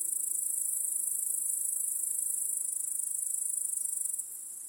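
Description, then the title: Crickets give a steady, shrill, pulsing chirp chorus that drops slightly in volume near the end. Crickets chorusing in a home backyard at night. "Crickets in Your Backyard 🏡. Discovering the Sounds of Home"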